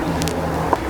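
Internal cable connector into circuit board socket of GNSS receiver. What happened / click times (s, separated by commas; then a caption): The small cable connector clicked into its socket / 0.7 s. During a repair, the second internal cable connector is reseated into its circuit board socket inside a Topcon GNSS receiver. Over a steady low hum, two faint ticks at 0.2 and 0.3 s lead to a short click at 0.7 s, followed by another light tap near 0.9 s. The connector is seated.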